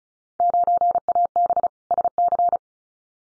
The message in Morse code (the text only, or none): 9AB SC